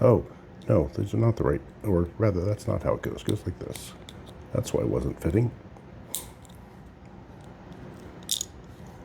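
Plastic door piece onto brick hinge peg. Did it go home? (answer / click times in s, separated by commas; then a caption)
no / none. Someone talks while re-orienting a small plastic building-brick door piece and pressing it onto its hinge peg, followed by brief sharp ticks near 6.2 s and 8.3 s. The door has not snapped into place, possibly because of a worn peg.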